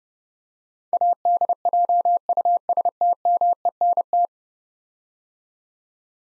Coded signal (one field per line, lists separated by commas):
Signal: Morse code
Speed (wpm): 29 wpm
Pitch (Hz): 700 Hz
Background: none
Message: ADJUSTMENT